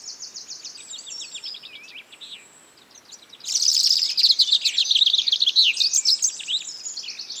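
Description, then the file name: European robin song: thin high warbling phrases, then a louder burst of rapid tumbling notes and twittering trills after three seconds. "Erithacus rubecula"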